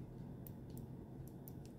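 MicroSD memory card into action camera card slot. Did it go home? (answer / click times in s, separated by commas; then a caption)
yes / 1.5 s. A microSD memory card, label side facing the user, is pushed down into the card slot of a GoPro Hero8 Black action camera. Several faint, sharp ticks sound over a steady low background hum at about 0.5, 0.8, 1.3, 1.5 and 1.7 seconds. The strongest tick, at 1.5 seconds, is the card clicking into place and seating.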